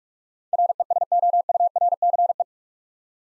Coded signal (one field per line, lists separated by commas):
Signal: Morse code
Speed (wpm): 44 wpm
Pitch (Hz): 700 Hz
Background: none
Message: RESOURCE